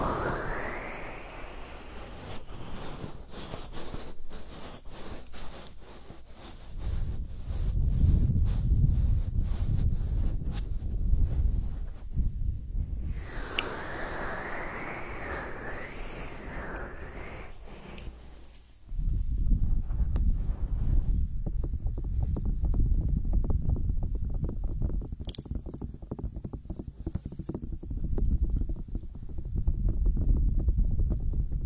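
A hand massage with soft skin-on-skin rubbing and low, muffled thumping from about 7 to 12 seconds. Around 13 to 18 seconds a smoother sliding stroke takes over, then from 19 seconds dense, quick rubbing and light tapping continue steadily to the end.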